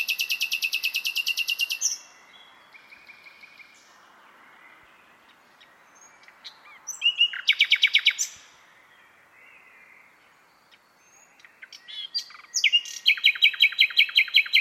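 Bird song with a loud fast buzzy trill at the start, a rapid rattle midway and another dense high trill at the end, softer chirps between.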